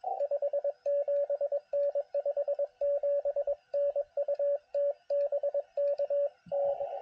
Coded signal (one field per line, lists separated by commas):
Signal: Morse code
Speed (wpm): 22 wpm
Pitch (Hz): 570 Hz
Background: radio noise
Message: 57N 57N UT BK N